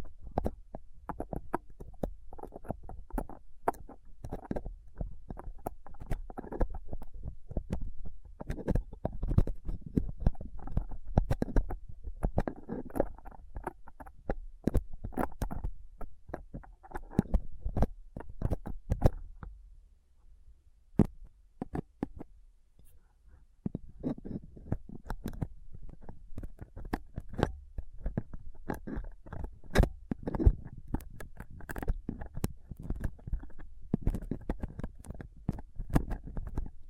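Rough scraping and picking at a microphone with dental tools, a dense run of sharp clicks and scratches with a brief quieter pause near twenty seconds.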